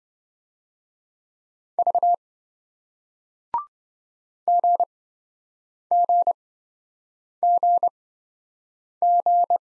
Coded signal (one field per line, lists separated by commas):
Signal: Morse code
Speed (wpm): 28 wpm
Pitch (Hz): 700 Hz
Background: none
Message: V GGGG